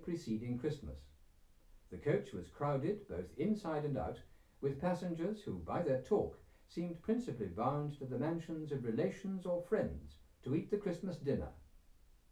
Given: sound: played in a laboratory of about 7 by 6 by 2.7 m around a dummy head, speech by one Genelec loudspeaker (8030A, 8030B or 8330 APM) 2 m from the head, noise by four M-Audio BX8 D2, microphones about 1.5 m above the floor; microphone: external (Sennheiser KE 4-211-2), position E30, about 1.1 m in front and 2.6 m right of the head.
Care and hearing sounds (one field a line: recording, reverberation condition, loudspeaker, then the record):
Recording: male speech in English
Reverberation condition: low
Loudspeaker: 120 degrees to the right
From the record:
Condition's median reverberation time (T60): about 310 ms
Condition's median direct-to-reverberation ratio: about 3.5 dB